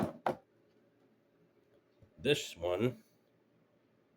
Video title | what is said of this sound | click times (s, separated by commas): Wireless navigation lights for boat | this one, it just locks into place. | 0.3 s